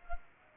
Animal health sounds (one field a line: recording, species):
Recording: mosquito wingbeat signal from an infrared sensor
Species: Culex pipiens